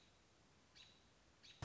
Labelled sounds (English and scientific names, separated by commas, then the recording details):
American Robin (Turdus migratorius)
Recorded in Sonoma County, California